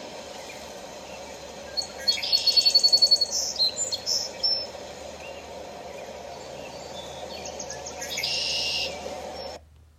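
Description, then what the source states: Red-winged blackbird calls: a quick run of sharp, high chirps, then a buzzy high burst near the end, over steady low background noise. Heard in the morning during a walk, in spring.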